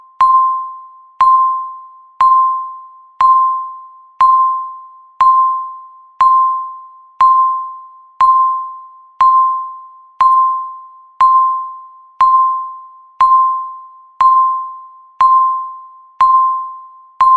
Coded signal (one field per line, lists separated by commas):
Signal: radio time signal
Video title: [03:47] 227 Seconds Timer Beeps Countdown | 227s Alarm Countdown Clock Loud Noise When Ends Full HD